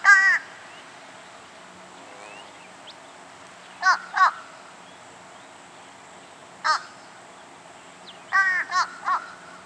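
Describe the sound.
Fish crow uttering scattered nasal caws, single and in pairs, then a rapid triple burst near the end, with long quiet gaps between.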